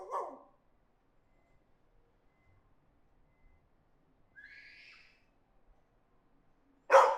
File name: dog barking alley from 3 rd floor balcony